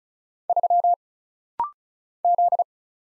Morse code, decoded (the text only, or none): 3 Z